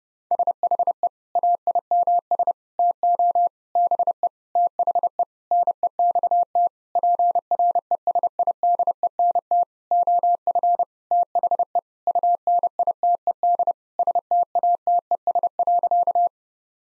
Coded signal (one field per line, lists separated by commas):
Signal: Morse code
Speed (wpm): 30 wpm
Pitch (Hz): 700 Hz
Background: none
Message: SHE AIMS TO BE THE NEXT PRESIDENT OF THE UNITED STATES.